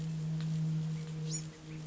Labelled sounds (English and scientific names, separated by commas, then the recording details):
Bewick's Wren (Thryomanes bewickii)
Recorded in Sonoma County, California